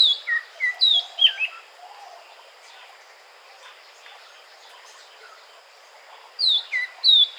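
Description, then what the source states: Oriental magpie-robin singing clear whistled notes and falling slurs in short bursts at the start and end, with a quiet pause in between. Recorded at Weddagala, Sri Lanka, on 5 March 2015.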